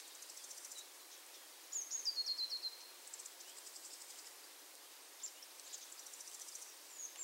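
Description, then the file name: Eurasian blue tit calls: a short run of thin, very high notes stepping slightly downward, set against steady high insect-like buzzing and faint ticking pulses. "Cyanistes caeruleus"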